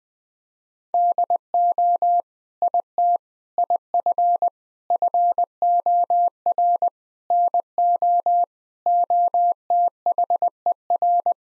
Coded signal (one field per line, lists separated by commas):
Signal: Morse code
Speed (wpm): 20 wpm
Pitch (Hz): 700 Hz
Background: none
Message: DO IT IF FOR NO OTHER